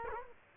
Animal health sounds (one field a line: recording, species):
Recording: mosquito wingbeat signal from an infrared sensor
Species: Culex quinquefasciatus